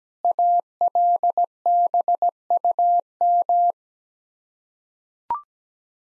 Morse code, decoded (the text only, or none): ALBUM